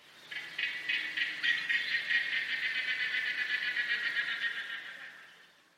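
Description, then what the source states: Australasian Darter giving a dry rattling call of rapid clicks, about four per second, sustained for around five seconds before fading out. Its call described as quite incredible.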